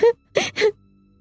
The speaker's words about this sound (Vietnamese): Trong căn phòng lạnh móc, tiếng khóc vang lên yếu ớt. Cô khóc đến khi mắt sưng đỏ, hơi thở mệt lả